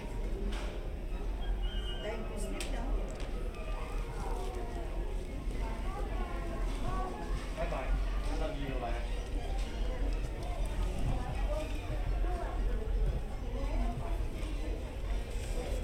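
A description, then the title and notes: Hotel lobby ambience of steady overlapping chatter from many voices, with a constant low hum underneath and occasional sharp clicks and clatters. Disneyland Hotel Fantasy Tower Binaural Ambience.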